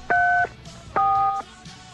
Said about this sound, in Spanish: Y ya que escucho el teléfono, ustedes se quieren comunicar directamente